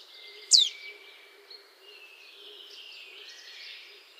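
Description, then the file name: Marsh tit call: one loud, sharp note falling steeply in pitch early on. "Poecile palustris"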